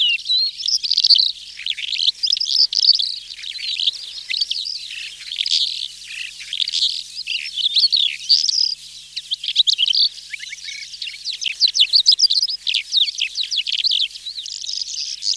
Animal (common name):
Calandra Lark